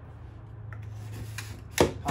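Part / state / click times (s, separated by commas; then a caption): pop-up power receptacle in an RV countertop / seated / 1.8 s. A hidden pop-up power receptacle tower with 110 V and USB outlets, set in the countertop of a 2021 fifth-wheel RV, is raised until it locks upright. A low hum runs underneath as faint ticks sound at about 0.7, 0.8 and 1.4 seconds. A loud, sharp hit at 1.8 seconds marks the tower locking into place.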